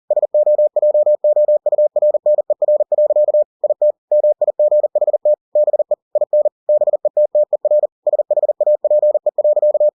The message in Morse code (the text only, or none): SOJOURNER. IT MIGHT BE IN BETTER SHAPE.